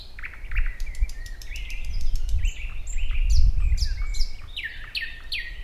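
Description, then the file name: Thrush nightingale song of repeated whistled slurs and sharp clicks, phrases coming several times a second, over a loud low-frequency rumble that swells midway. "Naktergal"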